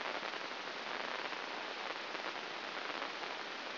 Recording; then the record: brain microelectrode recording played as sound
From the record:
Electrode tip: inside the subthalamic nucleus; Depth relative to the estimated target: -2 mm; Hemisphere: left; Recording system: AlphaMap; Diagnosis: Parkinson's disease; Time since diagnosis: 9 years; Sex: male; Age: 68 years